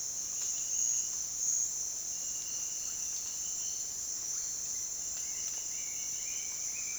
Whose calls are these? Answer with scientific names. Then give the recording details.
Attila spadiceus, Psarocolius angustifrons. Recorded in dense forest near Puerto Asís, Putumayo, Colombia, on 19 February 2024 at 07:30. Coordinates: 0.466, -76.327. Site G6413